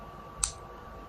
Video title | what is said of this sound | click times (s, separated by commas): How To “Gucci” Your Glock For Less Pt.2 | like that you should hear a pop | 0.4 s